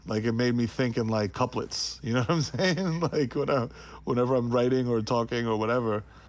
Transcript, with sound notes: Like, it made me think in, like, couplets - you know what I'm saying? (laughter) - like, whenever I'm writing or talking or whatever.